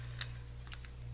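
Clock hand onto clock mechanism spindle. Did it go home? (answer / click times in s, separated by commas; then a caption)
no / none. A metal clock hand is handled and pushed toward the spindle of a clock mechanism while a CD Christmas clock is being assembled. Light ticks and taps are heard at about 0.2 s, 0.7 s and 0.9 s over a steady low hum. Nothing has seated or clicked yet; the hand is not yet home on the spindle.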